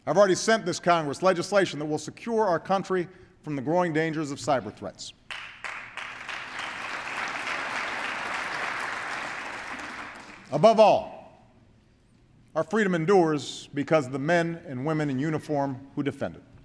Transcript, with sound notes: I’ve already sent this Congress legislation that will secure our country from the growing dangers of cyber-threats. (Applause.) Above all, our freedom endures because of the men and women in uniform who defend it.